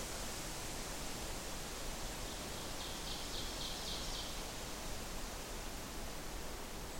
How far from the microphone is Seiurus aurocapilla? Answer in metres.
about 70 m